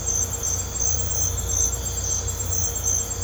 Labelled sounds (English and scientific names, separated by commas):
none